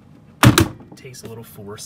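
A plastic door part is lined up using the back holes as a guide and pushed with a little force into the body of a Little Tikes First Fridge toy. Two sharp snaps are heard at 0.4 s and 0.6 s as the part seats home, and then someone talks.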